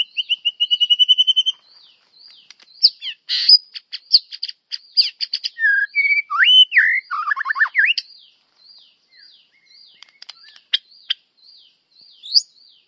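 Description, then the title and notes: White-rumped shama song opening with a quick even trill, then a dense flow of bright whistles, slurred notes and clicks, easing into softer scattered chips. Described as a champion bird with melodious song. "Murai Juara. Suara burung murai merdu"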